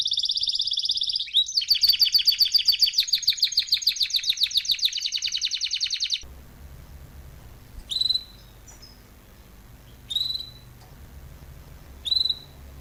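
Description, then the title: Canary pouring out a long, fast rolling trill for several seconds, then quiet hum broken by three short, separate chirps. Male Belgian canary singing a lot; training recording meant to warm up young birds within 30 minutes. "Canary Training 17 Esquente Seu Filhote E Canario Belga Em 30 Minutos Macho Cantando Muito"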